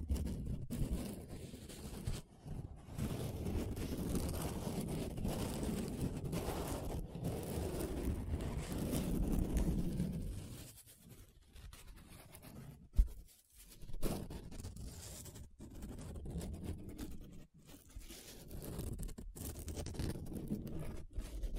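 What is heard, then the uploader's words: Paper is rubbed and scratched in a dense, steady stretch for ten seconds, then the strokes turn sparser and quieter, with one sharp knock. ASMR 7 Different Paper Sounds Tracing, Scratching, Rubbing (No Talking).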